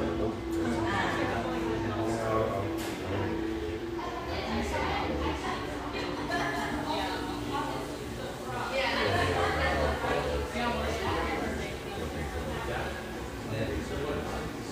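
Lively coffeeshop ambience with several voices talking at once in a steady, dense murmur. A faint steady tone hums underneath through the first half, and a few clinks and knocks from cups or dishes pop out now and then.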